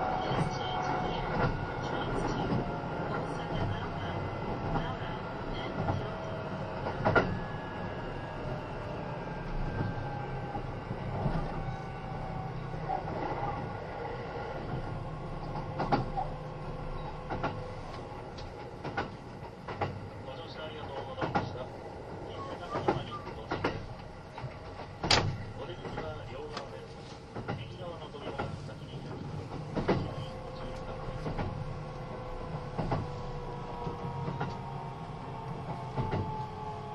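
Aboard a Kintetsu 80000 series Hinotori limited express train, a steady running rumble fills the whole clip, with slowly gliding motor whine tones sliding down and across. Frequent sharp clicks and knocks from the rails punctuate it, the strongest near 7 and 25 seconds.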